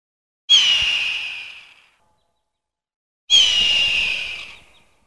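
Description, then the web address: Hawk calling with two rasping, descending screams roughly three seconds apart, each tapering away, with nothing else heard. "hawks-eagles Hawk"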